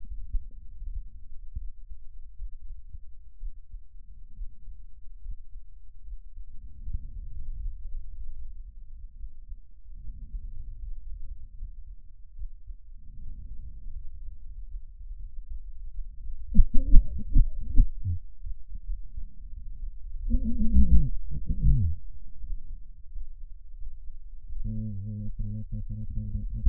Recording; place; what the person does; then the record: lung sounds by stethoscope; left anterior apical chest; quiet breathing, then cough and speech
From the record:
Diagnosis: none (healthy); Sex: male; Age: 45 years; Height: 173 cm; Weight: 92 kg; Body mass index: 30.7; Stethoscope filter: bell mode